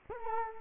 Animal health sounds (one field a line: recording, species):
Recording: mosquito wingbeat signal from an infrared sensor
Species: Culex quinquefasciatus